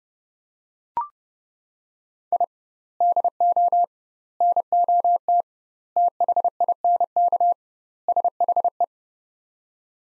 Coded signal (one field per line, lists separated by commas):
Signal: Morse code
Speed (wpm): 29 wpm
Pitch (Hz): 700 Hz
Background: none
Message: I DO NOT THINK SHE